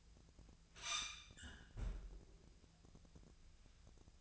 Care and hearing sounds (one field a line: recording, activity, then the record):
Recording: daily activity, microphone in the room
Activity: close fridge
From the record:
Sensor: 2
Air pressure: 999.9 hPa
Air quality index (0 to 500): 125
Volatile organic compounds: 2 ppm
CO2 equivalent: 1070 ppm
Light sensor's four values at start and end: 32/80/34/38 and 32/80/34/38